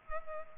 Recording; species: mosquito wingbeat signal from an infrared sensor; Culex pipiens